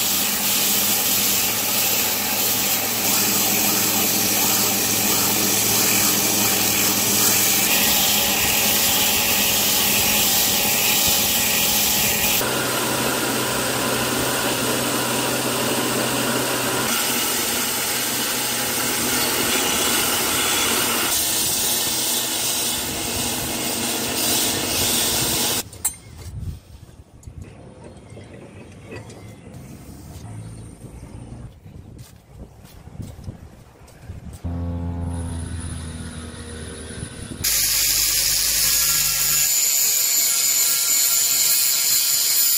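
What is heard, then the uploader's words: Forging work with loud, dense grinding and machine noise in abrupt cut sections, a quieter stretch of scattered clanks midway, then loud grinding again. Forging POSEIDON'S TRIDENT Out of Rusty Hook.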